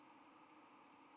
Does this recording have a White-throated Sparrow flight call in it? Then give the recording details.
no. Another species' flight call is heard. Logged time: 07:04 on 31 October 2014